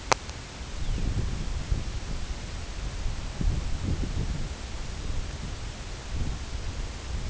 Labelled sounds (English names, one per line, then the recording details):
Lapland Longspur
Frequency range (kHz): Lapland Longspur 2.0-4.2 kHz
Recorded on Arctic tundra, site CORI-1, on 18 June 2018
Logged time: 22:00